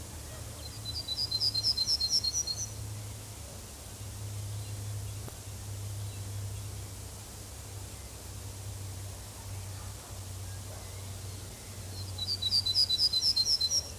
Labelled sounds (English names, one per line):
Yellowhammer song